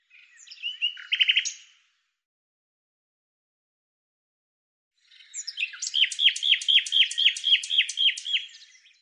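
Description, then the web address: Bird song: a brief twittering phrase, silence, then a longer run of quick, evenly repeated sweeping notes. "Deverinetal 2025"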